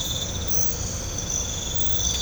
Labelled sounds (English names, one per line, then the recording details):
none
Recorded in pastures near Puerto Asís, Putumayo, Colombia, on 18 December 2024 at 04:30
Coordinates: 0.502, -76.324
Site G077